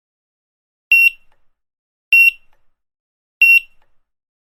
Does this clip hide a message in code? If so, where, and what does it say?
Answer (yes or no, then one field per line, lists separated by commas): no